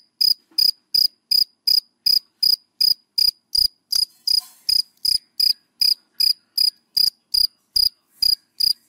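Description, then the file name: Cricket song of crisp high chirps, close to three a second, evenly spaced, with a faint rustle midway. Crickets calling, given by the Vietnamese names dế mèn, dế cơm and dế than. "Tieng de men de com de than keu"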